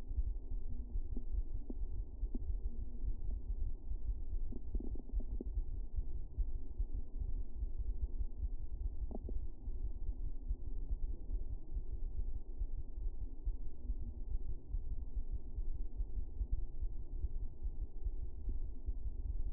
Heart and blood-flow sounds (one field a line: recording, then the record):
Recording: fetal heart sounds by stethoscope on the mother's abdomen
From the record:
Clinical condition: for safety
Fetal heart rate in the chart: 140 bpm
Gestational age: 40 weeks